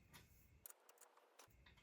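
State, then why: Torque reached. A torque wrench tightens a bolt on a New Albion Privateer steel bicycle frame build, a new rim-brake frame fitted with used parts. The wrench gives a sharp click at 0.7 s as it reaches its set torque, followed by softer ticks, while a low background rumble drops out from about 0.7 s to 1.5 s. The bolt is confirmed tightened to its set torque.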